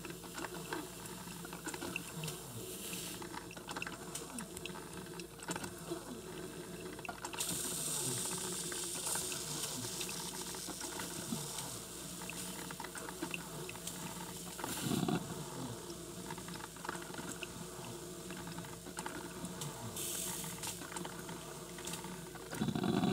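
Brewing sounds with a steady, busy mix of clicks, rattles and small mechanical ticking that continue throughout. A bright hiss grows stronger from about seven seconds on, with brief louder bursts near fifteen and twenty seconds, and a faint low hum underneath.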